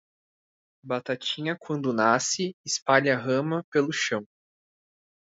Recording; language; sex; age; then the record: short text; Brazilian Portuguese; male; 20 to 29 years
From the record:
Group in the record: control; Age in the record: 26 years